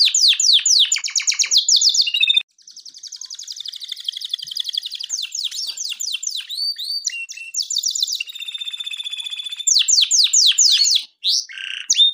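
Canary song, long and varied: rapid repeated sweeping notes, a buzzy rolling trill, fast pulsed rattles and clear whistled phrases, with two brief pauses.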